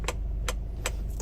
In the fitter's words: my rules always at least three clicks three clicks this thing is well and truly on to four and I'm not going further so